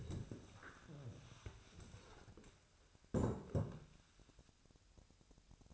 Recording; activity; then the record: daily activity, microphone in the room; stand up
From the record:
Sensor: 2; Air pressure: 1000.3 hPa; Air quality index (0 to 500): 167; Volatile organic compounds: 3 ppm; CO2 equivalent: 1390 ppm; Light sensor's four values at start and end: 8/19/8/9 and 8/17/8/8